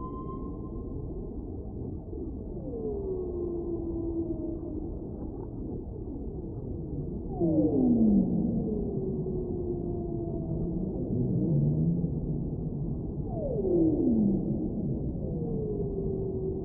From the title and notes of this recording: Full Moon Swimming with Whales in Tonga. Under the sea soundscapes.